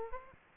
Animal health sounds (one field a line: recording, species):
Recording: mosquito wingbeat signal from an infrared sensor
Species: Aedes aegypti